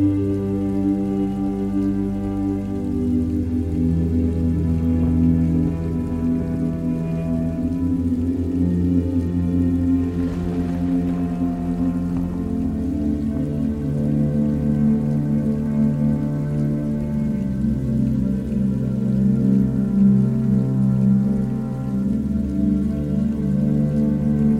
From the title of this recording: Rain, Thunder & Lightning Ambience